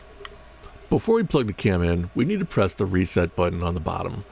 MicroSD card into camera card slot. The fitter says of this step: and it should click right in